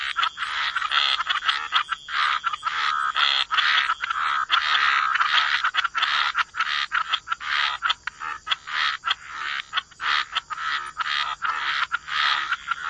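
Many frogs calling at once, fast repeated croaking pulses forming a busy chorus with many short breaks.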